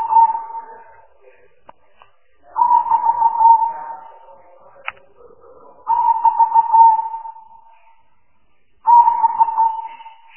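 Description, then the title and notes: Spotted dove repeating a throaty, grainy coo about every three seconds, four phrases in all, with a few sharp clicks in the gaps. Compilation of spotted dove calls used as a lure for trapping birds. "Pikat Burung Tekukur Paling Ampuh. Kumpulan suara burung tekukur paling ampuh"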